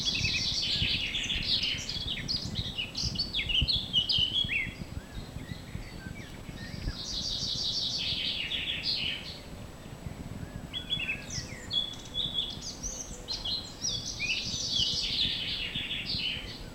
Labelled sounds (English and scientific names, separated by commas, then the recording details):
Eurasian Blackcap (Sylvia atricapilla) song
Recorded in the wild
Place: Schielleiten, Steiermark, AT
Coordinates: 47.2276, 15.8273
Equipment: Uher 4000
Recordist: Brunner, Thomas